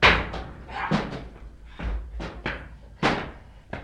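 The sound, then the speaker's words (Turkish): Someone forces a door with a series of heavy, irregular blows, about six loud thudding bangs with a cracking, splintery edge, and no voices in between. “Kırın kapıyı.”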